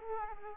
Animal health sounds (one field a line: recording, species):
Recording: mosquito wingbeat signal from an infrared sensor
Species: Aedes aegypti